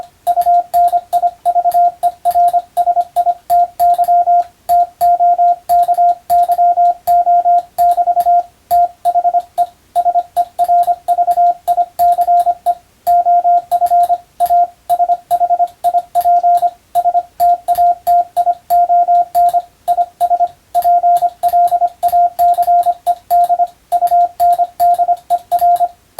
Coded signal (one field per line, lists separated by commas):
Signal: Morse code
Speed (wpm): 25 wpm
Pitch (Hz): 700 Hz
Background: radio noise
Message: UNIVERSITY TOKYO<BT> THE SERVICE OF A SHIP STATION IS PLACED UNDER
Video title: 無線従事者国家試験総合無線通信士電気通信術のトレーニングにＣＷを打ってみました。アマチュア無線ハムの受信練習にもどうぞ(morse code practice for radio operator )